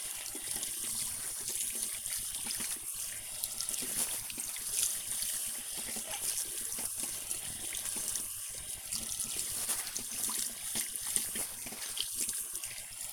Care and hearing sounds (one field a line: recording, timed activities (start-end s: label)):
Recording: household activities, microphone on the right wrist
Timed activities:
0.00-13.13 s: washing hands